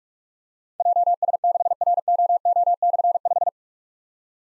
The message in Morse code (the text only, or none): JS6ROO/5